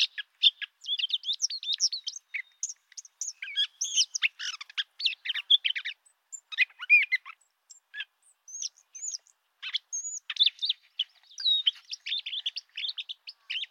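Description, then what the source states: Brown thrasher delivering a dense, rambling song of mixed chirps, slides and whistled notes, varied phrases following each other rapidly with few pauses. Four short song strings made of repeated motifs, short whistles, glides, buzzes and mimicry.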